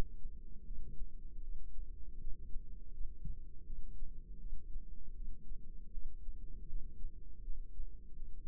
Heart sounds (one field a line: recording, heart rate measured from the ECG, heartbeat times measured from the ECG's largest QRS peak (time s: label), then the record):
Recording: heart sounds by microphone in the right ear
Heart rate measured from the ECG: 80 bpm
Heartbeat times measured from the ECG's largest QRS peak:
0.64 s: heartbeat
1.41 s: heartbeat
2.18 s: heartbeat
2.92 s: heartbeat
3.64 s: heartbeat
4.38 s: heartbeat
5.14 s: heartbeat
5.91 s: heartbeat
6.67 s: heartbeat
7.42 s: heartbeat
8.14 s: heartbeat
From the record:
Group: healthy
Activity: rest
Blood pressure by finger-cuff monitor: 131/93 mmHg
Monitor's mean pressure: 111 mmHg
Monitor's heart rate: 80 bpm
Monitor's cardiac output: 4.6 L/min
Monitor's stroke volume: 59 mL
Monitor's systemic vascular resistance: 1790 dyn s/cm5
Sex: female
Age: 51 years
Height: 162 cm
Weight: 70.04 kg